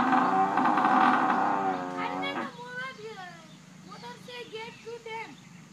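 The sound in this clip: Buffalo moo of about two and a half seconds, followed by a series of short, wavering, higher-pitched sounds.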